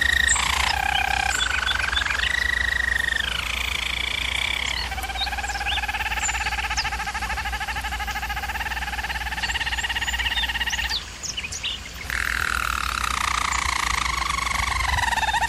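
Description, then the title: German Roller canary delivering a chain of smooth rolling tours at several pitches, pausing quietly around eleven seconds before resuming; faint steady hum. Canary training recording of German Roller canary song. "German Roller Canary Singing - Canary Training Vid"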